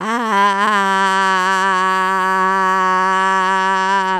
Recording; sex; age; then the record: sustained vowel /a/; female; 60 to 69 years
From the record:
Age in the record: 66 years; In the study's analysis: excluded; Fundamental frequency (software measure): 188 Hz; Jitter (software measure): 0.32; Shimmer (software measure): 0.78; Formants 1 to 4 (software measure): 1060 Hz, 1708 Hz, 3185 Hz, 4578 Hz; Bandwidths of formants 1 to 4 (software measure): 119 Hz, 257 Hz, 320 Hz, 317 Hz